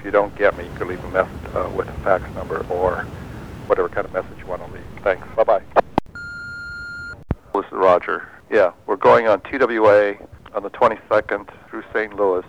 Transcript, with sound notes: If you don’t get me, you can leave a message with a fax number or whatever kinds of message you wanna leave. Thanks. Bye bye. [Phone beeps] This is Roger. Yeah, we’re going on TWA on the 22nd through Saint Louis.